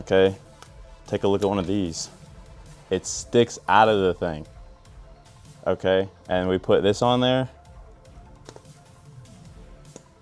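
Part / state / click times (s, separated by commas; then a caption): spark plug wire boot onto spark plug or coil terminal / seated / 10.0 s. Someone talks while a new spark plug wire boot is pushed onto its spark plug or coil terminal on a 500ci big block engine. A sharp click at 10.0 s marks the boot popping into place, unlike the old wires, which were just pushed on.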